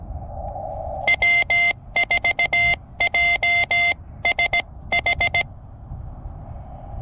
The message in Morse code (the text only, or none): W4JSH